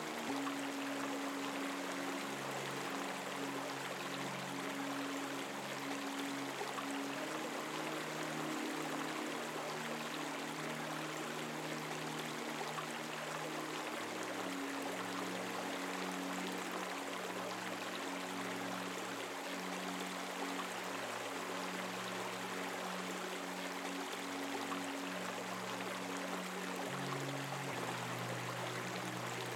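A babbling brook runs steadily throughout, a dense, even rush of water that never lets up. Beneath it a soft, low melody holds long sustained notes, shifting to new tones every several seconds, around 7, 14 and 27 seconds.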